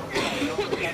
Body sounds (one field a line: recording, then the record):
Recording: coughing mixed with background sound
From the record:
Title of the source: 64 coughing, allergies, singing lungs